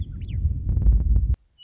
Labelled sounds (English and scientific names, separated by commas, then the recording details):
Western Meadowlark (Sturnella neglecta)
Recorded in Sonoma County, California